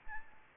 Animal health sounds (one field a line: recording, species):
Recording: mosquito wingbeat signal from an infrared sensor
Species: Aedes albopictus